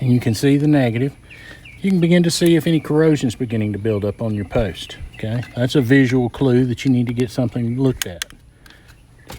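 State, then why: Seated. Someone talks about checking a car battery post for corrosion on a 2021 Highlander V6, then presses the plastic terminal cover back down onto the battery post. Two close, sharp snaps at 8.7 s and 8.7 s mark the cover locking in place, seated.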